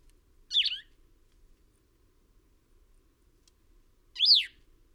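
Bird calls: two squeaky chirps about three and a half seconds apart, the second an arched up-and-down note, with a faint click between.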